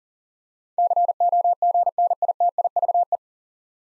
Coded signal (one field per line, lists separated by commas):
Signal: Morse code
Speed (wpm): 38 wpm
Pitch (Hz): 700 Hz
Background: none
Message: COGNITIVE